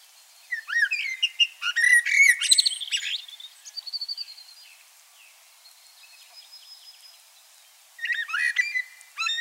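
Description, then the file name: Common blackbird song: a fluted phrase running into a loud chattering twitter, then a quiet spell, then a second shorter phrase near the end. "Turdus merula"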